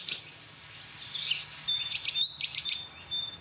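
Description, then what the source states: Common Chaffinch song, a short high phrase of bright trilled notes around the middle, with other thin high bird calls and a steady faint hiss. Short phrase, confirmed as a real chaffinch rather than an imitation.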